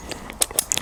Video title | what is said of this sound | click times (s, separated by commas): XOP Invader and XOP Mutant Saddle Review [the VERDICT!] - N1 Outdoors | You can hear them click together. You know they're fastened. | 0.4 s, 0.7 s